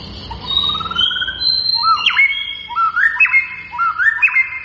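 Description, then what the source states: White-rumped shama song: long clear whistles followed by repeated rising, looping phrases, rich and fluty. Lure recording of a bird in full vigorous song, used to make other birds respond.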